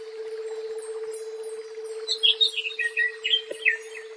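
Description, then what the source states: Leafbird song, a brief quiet lead-in, then a quick series of bright, varied whistled notes over a steady hum. Local name cucak ijo.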